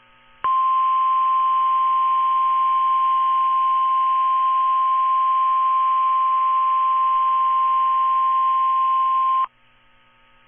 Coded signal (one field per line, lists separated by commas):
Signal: Emergency Alert System (SAME) tones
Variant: 1050 Hz attention tone